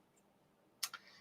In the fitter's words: on the right end of the rack which is going to be over here so we kind of put it right there just pops into place like that